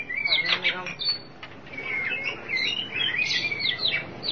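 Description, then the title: Oriental magpie-robin singing a burst of sharp, high notes, then a flowing series of slurred whistles that rise and fall, with a brief softer gap midway. "Suara Kicauan Burung Kacer Durasi Panjang"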